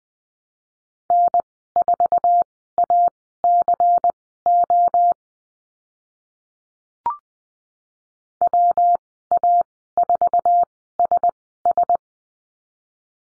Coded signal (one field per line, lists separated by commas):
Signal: Morse code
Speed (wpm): 20 wpm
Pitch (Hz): 700 Hz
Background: none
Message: N4ACO WA4SS